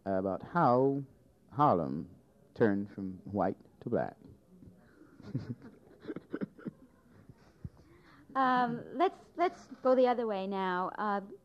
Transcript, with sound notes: about how Harlem turned from white to black. (laughter)
Let's go the other way now.